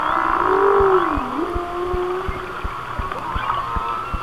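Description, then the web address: Whale song, a loud swelling moan that dips and levels off, with faint higher tones above and regular clicks ticking underneath. "Whale Songs Whale Songs- Mike Mc Donald"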